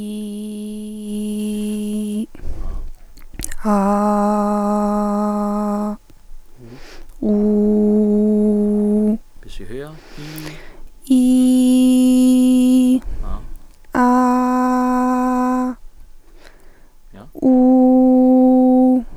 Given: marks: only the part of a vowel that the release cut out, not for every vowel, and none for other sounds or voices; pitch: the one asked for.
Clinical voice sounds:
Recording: sustained vowels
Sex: female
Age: 18 to 19 years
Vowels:
0.00-2.12 s: vowel /i/, normal pitch
3.78-5.74 s: vowel /a/, normal pitch
7.36-9.05 s: vowel /u/, normal pitch
11.23-12.82 s: vowel /i/, high pitch
14.16-15.61 s: vowel /a/, high pitch
17.56-18.90 s: vowel /u/, high pitch
From the record:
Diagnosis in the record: healthy voice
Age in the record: 19 years

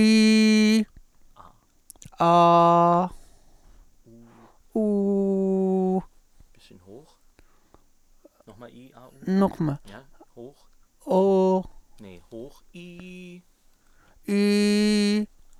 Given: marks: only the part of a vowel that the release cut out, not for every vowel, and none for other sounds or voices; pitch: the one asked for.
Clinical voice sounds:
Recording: sustained vowels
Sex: male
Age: 30 to 39 years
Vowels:
0.00-0.73 s: vowel /i/, normal pitch
2.29-2.97 s: vowel /a/, normal pitch
4.82-5.93 s: vowel /u/, normal pitch
14.36-15.15 s: vowel /i/, high pitch
From the record:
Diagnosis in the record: mutational falsetto, hypernasality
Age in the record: 38 years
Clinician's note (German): Mutationsfistelstimme bei eingeschränkter phonatorischer Kontrolle; Rhinophonie aperta

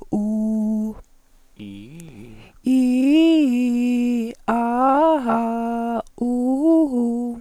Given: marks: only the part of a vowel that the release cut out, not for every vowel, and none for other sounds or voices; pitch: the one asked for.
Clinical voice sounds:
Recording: sustained vowels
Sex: female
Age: 50 to 59 years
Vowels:
0.22-0.84 s: vowel /u/, low pitch
2.73-4.18 s: vowel /i/, low-high-low pitch
4.58-5.77 s: vowel /a/, low-high-low pitch
6.32-7.14 s: vowel /u/, low-high-low pitch
From the record:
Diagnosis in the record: recurrent laryngeal nerve paralysis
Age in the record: 51 years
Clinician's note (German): Alte rechts mit Kompensation; geringe Bewegungseinschrängkung

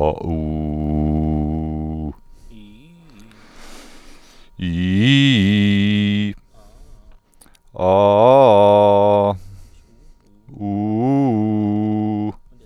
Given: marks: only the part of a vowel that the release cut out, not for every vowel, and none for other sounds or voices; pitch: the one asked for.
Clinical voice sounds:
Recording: sustained vowels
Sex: male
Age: 30 to 39 years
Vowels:
0.34-1.98 s: vowel /u/, low pitch
4.71-6.23 s: vowel /i/, low-high-low pitch
7.86-9.24 s: vowel /a/, low-high-low pitch
10.71-12.17 s: vowel /u/, low-high-low pitch
From the record:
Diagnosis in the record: healthy voice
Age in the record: 39 years

